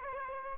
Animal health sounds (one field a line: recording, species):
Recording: mosquito wingbeat signal from an infrared sensor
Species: Aedes aegypti